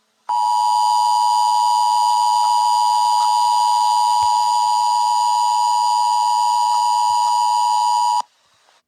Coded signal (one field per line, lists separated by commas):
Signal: Emergency Alert System (SAME) tones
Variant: 853 and 960 Hz attention tone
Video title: EAS Scenario Tayo The Little Bus